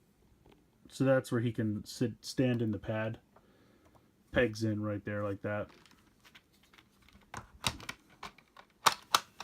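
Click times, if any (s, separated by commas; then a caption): 8.9 s, 9.1 s. Someone talks while a plastic toy figure is pegged into a stand on the ramp of an Imaginext Jurassic World dinosaur hauler toy truck and pushed down. A few small plastic taps follow, and then the stand clicks into place, seated, with sharp clicks at 8.9 s and 9.2 s.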